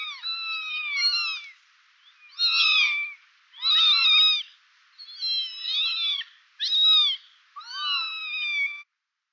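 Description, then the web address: Cat: kittens meowing in a string of high, thin mews, some bending down in pitch, in several bursts separated by short pauses. Kittens meowing; vintage recording. "SFXSource AOS Kittens Meowing Vintage"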